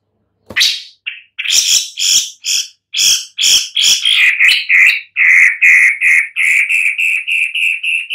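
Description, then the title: Long-tailed shrike starting with scattered grating notes that build into a rapid, regular run of nasal calls, growing smoother and more even. "Lanius Schach Sun"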